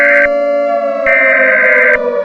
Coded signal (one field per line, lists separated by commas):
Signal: Emergency Alert System (SAME) tones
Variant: header bursts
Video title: Alien Invasion Part 2: An Alien Invasion EAS Scenario